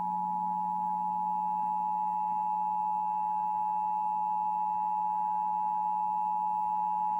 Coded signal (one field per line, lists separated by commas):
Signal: Emergency Alert System (SAME) tones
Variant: 853 and 960 Hz attention tone